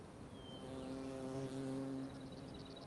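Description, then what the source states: Fly buzzing, a steady droning hum swelling louder midway then fading, with a brief thin bird whistle and faint high chirps. Outdoor ambience with loud flies and light birdsong.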